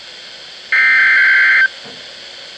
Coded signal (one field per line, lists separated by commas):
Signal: Emergency Alert System (SAME) tones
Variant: header bursts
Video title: Winter Storm Warning for Cheshire County NH (EAS #1,639)